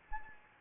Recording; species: mosquito wingbeat signal from an infrared sensor; Anopheles gambiae